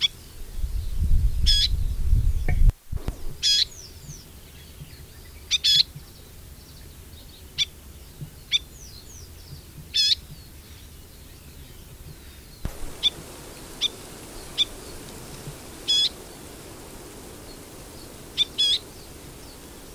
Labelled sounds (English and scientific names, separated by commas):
Garden Warbler (Sylvia borin) song